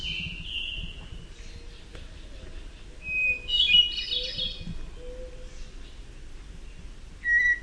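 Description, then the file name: Hermit thrush song, somewhat soft against a background hiss: the end of one phrase, then a full phrase of a clear whistled note followed by a quick, ringing flourish, and the start of another. "HETH song"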